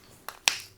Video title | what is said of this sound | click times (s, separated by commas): Gym-Upper Body-Spring 2025 Garden Refresh-Planting Perennials-Women Over 40 | Twist to close, you heard it snap. | 0.5 s